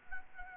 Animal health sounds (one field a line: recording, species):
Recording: mosquito wingbeat signal from an infrared sensor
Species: Anopheles arabiensis